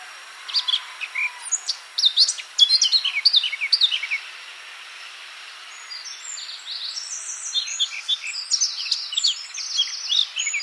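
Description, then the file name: Eurasian blackcap song: two bursts of rapid, varied high warbling separated by a quiet pause. "Sylvia atricapilla"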